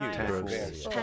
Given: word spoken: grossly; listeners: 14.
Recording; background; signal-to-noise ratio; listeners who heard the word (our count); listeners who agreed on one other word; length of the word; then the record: one English word in noise, from a listening test; four-talker babble; -1.7 dB; 0 of 14; 6 of 14; 0.63 s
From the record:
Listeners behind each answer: 6, 1, 1, 1, 1, 1, 1, 1, 1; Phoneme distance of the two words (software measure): 44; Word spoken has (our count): 2 syllables, 6 phonemes, stress on syllable 1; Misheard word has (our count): 1 syllable, 4 phonemes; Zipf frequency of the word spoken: 3.06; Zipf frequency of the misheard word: 5.18